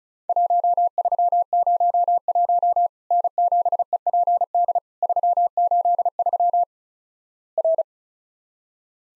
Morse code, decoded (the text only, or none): 1301 N7EPD 383 R